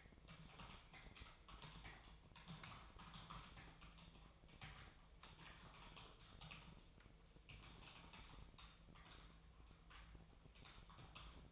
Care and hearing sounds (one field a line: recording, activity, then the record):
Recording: daily activity, microphone in the room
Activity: typing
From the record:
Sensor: 1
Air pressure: 999.2 hPa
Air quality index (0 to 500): 209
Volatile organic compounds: 51 ppm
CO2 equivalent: 3309 ppm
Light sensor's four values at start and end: 9/22/8/9 and 9/22/8/9